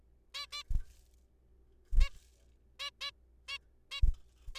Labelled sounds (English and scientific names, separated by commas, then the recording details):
Zebra Finch (Taeniopygia guttata)
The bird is a juvenile
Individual R3428